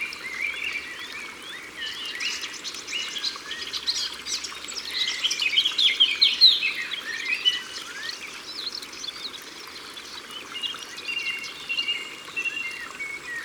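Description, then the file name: Eurasian blackcap song, a rapid warbling run that swells into louder clear whistled notes midway, over a dense background of other chirping birds. Recorded by the water. "Fauvette a tete noire Au bord de leau"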